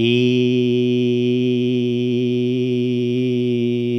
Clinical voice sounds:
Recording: sustained vowel /i/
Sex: male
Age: 60 to 69 years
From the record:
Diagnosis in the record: healthy control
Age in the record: 60 years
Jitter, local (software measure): 0.36%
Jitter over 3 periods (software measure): 0.13%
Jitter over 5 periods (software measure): 0.21%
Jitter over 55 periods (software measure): 0.90%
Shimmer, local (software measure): 1.9%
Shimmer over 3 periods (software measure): 0.8%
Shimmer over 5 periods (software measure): 1.1%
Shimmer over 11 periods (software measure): 2.1%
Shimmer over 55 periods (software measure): 3.6%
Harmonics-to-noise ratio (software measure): 16.7 dB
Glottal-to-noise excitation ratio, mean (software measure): 0.94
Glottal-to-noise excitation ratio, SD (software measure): 0.019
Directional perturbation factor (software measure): 53.5%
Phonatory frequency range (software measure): 0.17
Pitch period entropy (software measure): 1.19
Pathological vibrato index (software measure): 0.87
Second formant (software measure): 2700 Hz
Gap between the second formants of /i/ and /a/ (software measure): 1394 Hz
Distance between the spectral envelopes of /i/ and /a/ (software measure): 10.5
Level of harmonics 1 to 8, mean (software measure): -9.3, -3.4, -4.1, -25.8, -31.7, -44.0, -48.1, -51.7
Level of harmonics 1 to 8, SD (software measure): 1.1, 1.3, 1.5, 1.7, 1.4, 3.6, 3.5, 3.5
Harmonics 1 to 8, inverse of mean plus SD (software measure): 0.097, 0.214, 0.179, 0.036, 0.030, 0.021, 0.019, 0.018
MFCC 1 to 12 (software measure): -2.7, 26.3, -9.4, -14.2, -2.9, -19.5, -0.1, -1.5, -1.7, 1.7, 2.3, -3.2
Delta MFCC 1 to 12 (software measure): 0.007, -0.011, 0.017, -0.005, -0.009, -0.005, -0.006, 0.028, -0.007, 0.003, -0.006, -0.003

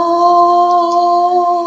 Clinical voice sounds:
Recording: sustained vowel /a/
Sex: female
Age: 50 to 59 years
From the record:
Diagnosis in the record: amyotrophic lateral sclerosis, bulbar onset 33 months earlier, bulbar signs present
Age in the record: 55 years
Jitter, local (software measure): 0.42%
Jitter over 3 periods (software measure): 0.26%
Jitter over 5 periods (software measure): 0.34%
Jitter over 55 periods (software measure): 0.49%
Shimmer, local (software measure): 4.4%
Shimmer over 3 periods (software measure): 1.9%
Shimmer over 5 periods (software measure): 2.9%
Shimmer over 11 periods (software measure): 4.2%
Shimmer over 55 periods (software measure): 10.6%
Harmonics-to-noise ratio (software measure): 16.5 dB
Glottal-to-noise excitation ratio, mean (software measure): 0.86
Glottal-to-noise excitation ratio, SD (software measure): 0.032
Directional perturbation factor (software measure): 61.2%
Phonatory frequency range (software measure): 0.12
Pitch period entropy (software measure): 1.38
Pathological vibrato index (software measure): 0.62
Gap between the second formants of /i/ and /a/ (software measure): 1840 Hz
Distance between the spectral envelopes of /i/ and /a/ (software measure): 11.8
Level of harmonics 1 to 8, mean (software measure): -11.9, -4.5, -10.4, -46.4, -51.5, -64.9, -59.6, -64.1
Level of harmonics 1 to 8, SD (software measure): 3.1, 2.9, 5.3, 7.1, 6.9, 5.7, 6.4, 5.6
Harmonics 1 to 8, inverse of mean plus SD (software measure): 0.067, 0.134, 0.064, 0.019, 0.017, 0.014, 0.015, 0.014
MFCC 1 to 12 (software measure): 0.3, -13.2, -26.0, 4.6, -4.9, -8.4, -11.7, -2.7, 0.9, -1.0, 19.3, 19.3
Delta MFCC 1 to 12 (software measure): 0.002, 0.037, 0.010, -0.038, 0.053, -0.049, 0.035, 0.016, -0.001, 0.012, 0.031, 0.041

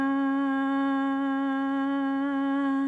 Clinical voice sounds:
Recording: sustained vowel /a/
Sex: female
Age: 60 to 69 years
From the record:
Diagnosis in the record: healthy control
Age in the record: 64 years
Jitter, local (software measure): 0.22%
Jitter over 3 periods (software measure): 0.14%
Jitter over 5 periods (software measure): 0.17%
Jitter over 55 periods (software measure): 0.56%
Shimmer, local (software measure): 2.1%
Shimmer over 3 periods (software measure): 1.1%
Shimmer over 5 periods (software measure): 1.3%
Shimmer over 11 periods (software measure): 1.6%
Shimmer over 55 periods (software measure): 3.8%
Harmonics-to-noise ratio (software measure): 23.9 dB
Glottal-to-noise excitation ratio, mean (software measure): 0.92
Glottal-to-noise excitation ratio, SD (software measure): 0.022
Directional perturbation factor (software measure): 52.6%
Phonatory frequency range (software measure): 0.07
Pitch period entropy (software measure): 0.26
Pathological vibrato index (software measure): 0.25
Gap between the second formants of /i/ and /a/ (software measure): 1333 Hz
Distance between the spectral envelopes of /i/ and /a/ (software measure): 10.1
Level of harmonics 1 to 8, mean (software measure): -1.4, -16.6, -14.0, -14.0, -22.7, -16.8, -28.2, -34.7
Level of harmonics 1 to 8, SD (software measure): 0.8, 1.9, 2.4, 2.0, 3.4, 2.4, 1.9, 2.7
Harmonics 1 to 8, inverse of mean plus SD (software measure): 0.469, 0.054, 0.061, 0.062, 0.038, 0.052, 0.033, 0.027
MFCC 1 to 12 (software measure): -5.5, -12.0, -5.0, -2.6, -15.3, -10.1, -18.3, -18.9, -2.6, -6.9, 4.4, 9.9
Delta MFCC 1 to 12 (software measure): 0.009, 0.026, 0.015, 0.006, -0.020, -0.002, -0.017, 0.038, 0.005, -0.010, 0.031, 0.015

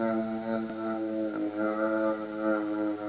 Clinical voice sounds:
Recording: sustained vowel /a/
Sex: male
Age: 60 to 69 years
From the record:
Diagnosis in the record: healthy control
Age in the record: 63 years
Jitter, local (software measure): 0.51%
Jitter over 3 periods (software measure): 0.30%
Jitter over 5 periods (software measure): 0.33%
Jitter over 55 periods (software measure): 0.73%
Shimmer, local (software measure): 9.7%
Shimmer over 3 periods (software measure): 4.3%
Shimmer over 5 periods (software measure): 5.7%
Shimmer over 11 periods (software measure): 9.9%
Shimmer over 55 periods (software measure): 27.9%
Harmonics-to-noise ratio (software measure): 8.3 dB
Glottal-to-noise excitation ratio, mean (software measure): 0.86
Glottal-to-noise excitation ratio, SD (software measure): 0.038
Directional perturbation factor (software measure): 72.8%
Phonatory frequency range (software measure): 0.14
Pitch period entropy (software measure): 1.30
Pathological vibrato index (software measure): 0.31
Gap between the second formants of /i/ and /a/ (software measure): 601 Hz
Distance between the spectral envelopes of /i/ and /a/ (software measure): 11.1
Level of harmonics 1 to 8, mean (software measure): -30.0, -13.1, -6.7, -18.2, -12.9, -14.4, -25.5, -26.6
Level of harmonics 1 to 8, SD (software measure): 3.4, 6.7, 4.2, 3.9, 7.7, 5.5, 6.9, 6.8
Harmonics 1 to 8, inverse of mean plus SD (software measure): 0.030, 0.051, 0.092, 0.045, 0.048, 0.050, 0.031, 0.030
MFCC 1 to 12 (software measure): -1.3, -7.0, -8.0, -9.7, -16.3, -2.4, -2.6, -7.1, -14.0, 2.1, 4.9, -2.2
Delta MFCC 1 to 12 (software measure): -0.007, 0.003, 0.006, 0.010, -0.009, -0.014, 0.031, 0.029, -0.006, -0.005, 0.063, 0.016

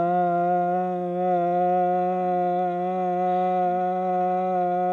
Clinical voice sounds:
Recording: sustained vowel /a/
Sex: male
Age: 30 to 39 years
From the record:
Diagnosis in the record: healthy control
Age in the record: 38 years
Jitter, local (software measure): 0.18%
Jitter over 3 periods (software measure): 0.10%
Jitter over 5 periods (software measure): 0.12%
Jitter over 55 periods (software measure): 0.65%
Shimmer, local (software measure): 2.6%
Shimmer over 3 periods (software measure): 1.4%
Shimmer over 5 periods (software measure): 1.5%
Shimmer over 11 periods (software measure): 2.2%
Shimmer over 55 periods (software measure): 5.4%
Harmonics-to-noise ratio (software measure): 15.9 dB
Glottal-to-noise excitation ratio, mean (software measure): 0.92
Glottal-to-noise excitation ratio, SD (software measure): 0.020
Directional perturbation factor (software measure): 59.5%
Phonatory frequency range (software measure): 0.12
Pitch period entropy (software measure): 0.44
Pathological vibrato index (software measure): 0.28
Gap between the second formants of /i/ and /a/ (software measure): 580 Hz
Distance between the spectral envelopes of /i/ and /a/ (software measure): 10.1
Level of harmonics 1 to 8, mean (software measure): -11.7, -9.8, -8.4, -3.7, -36.6, -26.1, -27.4, -28.2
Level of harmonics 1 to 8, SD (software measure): 0.9, 1.0, 1.6, 2.5, 4.6, 2.5, 2.8, 5.0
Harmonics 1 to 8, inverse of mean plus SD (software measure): 0.079, 0.092, 0.099, 0.161, 0.024, 0.035, 0.033, 0.030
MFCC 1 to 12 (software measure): 1.4, -8.5, -12.5, -12.4, -6.2, 0.1, -2.0, -7.1, -20.8, -4.9, 2.2, -3.4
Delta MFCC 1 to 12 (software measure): -0.001, -0.002, 0.004, -0.011, 0.008, 0.003, -0.009, 0.011, -0.003, 0.000, 0.002, -0.013

